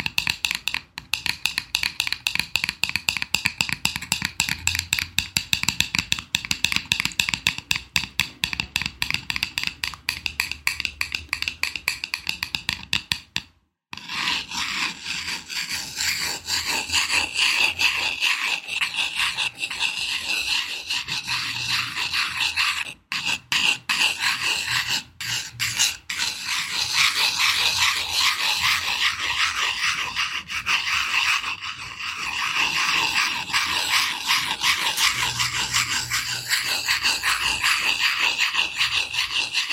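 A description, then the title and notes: Dense scratching on a candle cap, rapid rasping strokes with bright gritty texture, briefly stopping near fourteen seconds before continuing steadily. Candle cap scratching.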